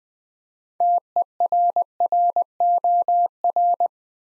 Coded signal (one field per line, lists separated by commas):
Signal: Morse code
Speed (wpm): 20 wpm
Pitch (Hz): 700 Hz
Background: none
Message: TERROR